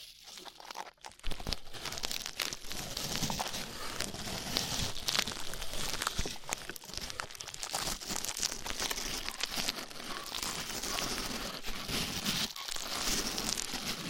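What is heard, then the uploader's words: Rough ear cleaning makes a dense, continuous crackling and crinkling rustle, scratchy and bright, after a short quiet start with brief dips throughout. ASMR Rough Ear Cleaning (No Talking).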